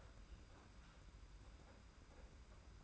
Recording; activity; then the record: daily activity, microphone in the room; open fridge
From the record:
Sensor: 2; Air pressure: 991.7 hPa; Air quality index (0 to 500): 221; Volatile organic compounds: 1000 ppm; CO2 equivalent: 7386 ppm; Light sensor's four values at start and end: 26/83/32/30 and 26/83/32/30